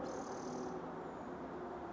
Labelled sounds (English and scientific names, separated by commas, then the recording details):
Spotted Towhee (Pipilo maculatus)
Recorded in Sonoma County, California